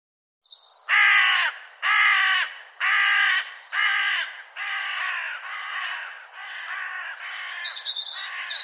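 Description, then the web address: Bird giving a series of several harsh, hoarse caws roughly once a second, the later ones softer and more ragged. "cianscape birddata Deverinetal"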